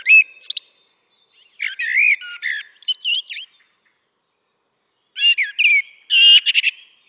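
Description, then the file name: Common blackbird delivering loud warbled notes and squeaky chirps in separated bursts, with a pause before a final high, chattering phrase. "Turdus merula"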